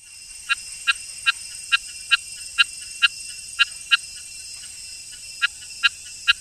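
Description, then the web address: Rain frog calling: short sharp clicking notes repeated about twice a second, with one brief pause, over a constant high hum. Ecuadorian Amazon, South America. "Frogs of Ecuadorian Amazon Eleutherodactylus sp 1"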